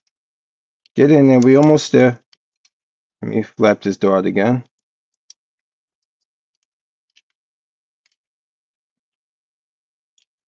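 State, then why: Not seated. A plastic flap on a Studio Series 86 Optimus Prime transforming action figure is handled and pushed while someone talks, with a few faint, sharp ticks through the rest of the clip. The flap has not seated or clicked into place yet.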